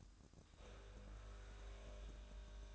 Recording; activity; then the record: daily activity, microphone in the room; make coffee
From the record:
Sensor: 2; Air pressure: 1007.2 hPa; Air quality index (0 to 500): 38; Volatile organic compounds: 1 ppm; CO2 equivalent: 535 ppm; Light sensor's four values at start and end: 5/12/5/5 and 5/12/5/5